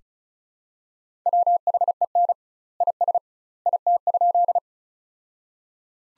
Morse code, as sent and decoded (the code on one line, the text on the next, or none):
.-- .... . -. / .. ... / .. - ..--..
WHEN IS IT?